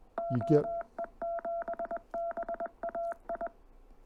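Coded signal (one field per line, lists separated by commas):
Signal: Morse code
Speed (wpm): 21 wpm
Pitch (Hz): 680 Hz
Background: speech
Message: OE7BAI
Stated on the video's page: CW instruction preparing operators for Field Day and contesting.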